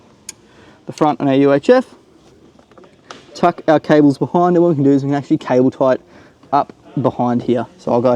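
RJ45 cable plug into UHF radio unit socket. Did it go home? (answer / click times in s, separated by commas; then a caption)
yes / 0.3 s. An RJ45 network cable, routed up through the bracket, is plugged into the front socket of a UHF radio unit in an N80 Hilux. A single sharp click at 0.3 s as the plastic latch engages, followed by someone talking and a few faint ticks. The connector is seated.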